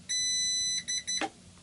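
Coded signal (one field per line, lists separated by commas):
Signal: beep code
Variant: CyberPower UPS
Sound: one long high beep, then 2 quick short beeps, then a click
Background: quiet room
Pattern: 1 long, 2 short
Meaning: After the two short beeps, release the power button to turn the battery off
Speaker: Release after 2 short beeps. So long beep, short beeps, that's when I release.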